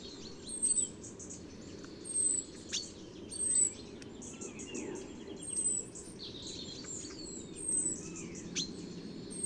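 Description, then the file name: European robin giving varied high warbling phrases of whistles and quick slurred notes, with sharp high bursts recurring, over a low rumbling background. "Erithacus rubecula"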